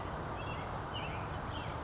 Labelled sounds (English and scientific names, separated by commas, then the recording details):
California Towhee (Melozone crissalis)
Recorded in Sonoma County, California